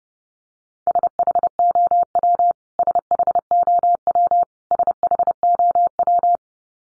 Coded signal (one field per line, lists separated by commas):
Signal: Morse code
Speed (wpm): 30 wpm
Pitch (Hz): 700 Hz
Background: none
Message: SHOW SHOW SHOW